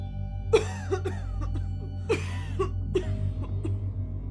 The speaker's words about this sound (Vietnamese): Bà không ngừng ho khan, mùa đông vô cùng lạnh, những cơn gió không ngừng thổi vào cửa sổ rách bươm, làm cho nơi ở càng thêm bần hàn.